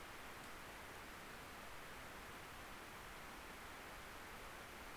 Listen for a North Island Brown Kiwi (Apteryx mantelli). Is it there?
no